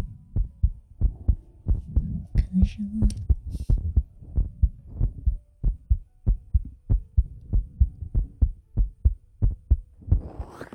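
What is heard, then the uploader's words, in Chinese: A sister's heartbeat, heard as a steady train of low, soft thumps, about two per second, in a paired lub-dub rhythm. Faint rustling and a few brief higher squeaks come in around the second to fourth seconds, and a soft hiss rises at the end. 姐姐的心跳。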